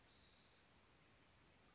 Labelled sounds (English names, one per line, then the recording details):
Spotted Towhee
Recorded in Sonoma County, California